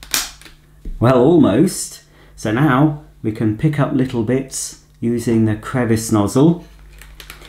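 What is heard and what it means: A plastic attachment is pushed onto the body of a Casdon toy Dyson V8 Cord Free vacuum and clicks into place at 0.1 s, seating with a click that is less crisp than on the real appliance. Someone then talks, and a few faint short clicks follow near the end around 7.0 to 7.3 s.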